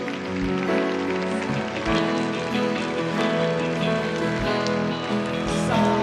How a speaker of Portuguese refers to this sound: Dê uma salva de palmas bem forte.